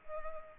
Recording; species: mosquito wingbeat signal from an infrared sensor; Culex pipiens